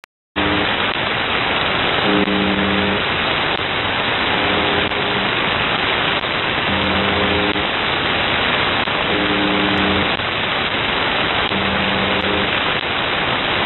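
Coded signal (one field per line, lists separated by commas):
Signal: channel marker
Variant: UVB-76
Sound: loud radio hiss with short low buzzes repeating roughly every two seconds, six buzzes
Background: radio static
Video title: UVB 76 4625 KHZ 206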